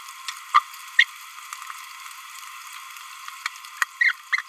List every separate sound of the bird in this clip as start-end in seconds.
0.54-0.62, 0.99-1.04, 4.01-4.12, 4.33-4.41